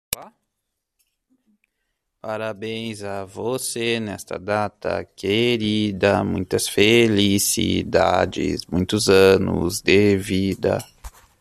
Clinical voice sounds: short text; Brazilian Portuguese; male; 30 to 39 years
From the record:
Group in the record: control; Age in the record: 30 years

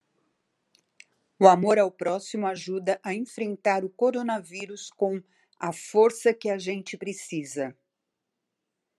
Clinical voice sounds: spoken sentence; Brazilian Portuguese; female; 60 to 69 years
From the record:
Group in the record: control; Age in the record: 65 years

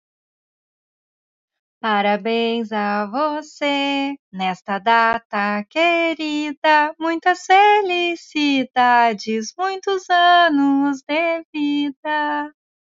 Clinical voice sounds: short text; Brazilian Portuguese; female; 30 to 39 years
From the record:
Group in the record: control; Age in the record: 38 years

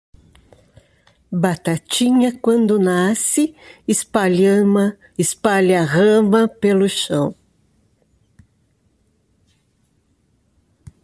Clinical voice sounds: short text; Brazilian Portuguese; female; 60 to 69 years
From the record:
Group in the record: control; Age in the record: 67 years

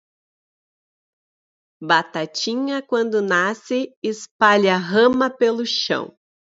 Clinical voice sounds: short text; Brazilian Portuguese; female; 30 to 39 years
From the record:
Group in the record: control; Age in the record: 36 years

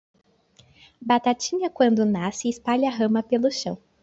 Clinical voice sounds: short text; Brazilian Portuguese; female; 20 to 29 years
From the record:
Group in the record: control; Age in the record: 20 years

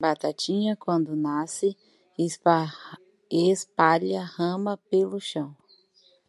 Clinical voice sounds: short text; Brazilian Portuguese; female; 30 to 39 years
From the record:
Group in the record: control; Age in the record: 35 years

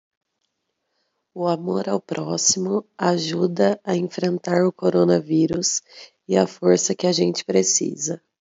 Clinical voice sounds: spoken sentence; Brazilian Portuguese; female; 20 to 29 years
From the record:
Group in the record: control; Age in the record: 25 years

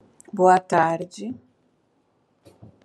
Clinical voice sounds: short text; Brazilian Portuguese; female; 40 to 49 years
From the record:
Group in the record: control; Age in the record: 47 years

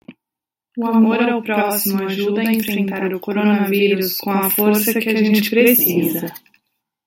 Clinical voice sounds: spoken sentence; Brazilian Portuguese; female; 20 to 29 years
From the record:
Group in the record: control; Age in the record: 24 years

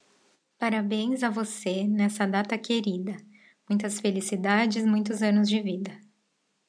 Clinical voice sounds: short text; Brazilian Portuguese; female; 30 to 39 years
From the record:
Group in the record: control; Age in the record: 39 years

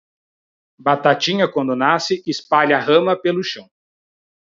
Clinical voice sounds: short text; Brazilian Portuguese; male; 40 to 49 years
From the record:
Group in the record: control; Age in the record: 41 years

